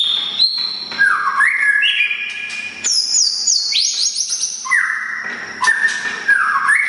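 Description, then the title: Oriental magpie-robin singing a rich, loud whistled song, clear notes stepping and sliding between very high and mid pitches in continuous phrases. "kacer"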